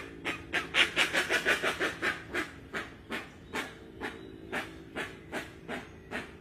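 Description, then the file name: Rusty-margined guan song: rapid harsh pulses, loudest early on, then slowing into evenly spaced rasping notes. "Canto da jacupemba"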